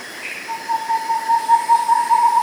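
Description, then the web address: Rufescent screech owl giving a sustained low trill that pulses in loudness after a brief quiet start, with a faint hiss in the background. Recorded in South America. "Natures Songs S America Rufescent Screech-Owl (Otus Ingens)"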